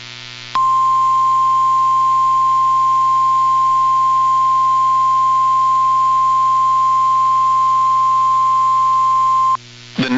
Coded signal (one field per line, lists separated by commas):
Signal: Emergency Alert System (SAME) tones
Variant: 1050 Hz attention tone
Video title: (Online #EAS #4-12) for the multi-state Severe Weather Outbreak on 5/16/2025 + WEIRD EAS GLITCH!?